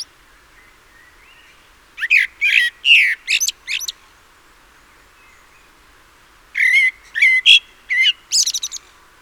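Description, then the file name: Common blackbird gives two bursts of rapid, scratchy, squeaky notes separated by a pause. The second burst ends in thin, high twitters. "Turdus merula"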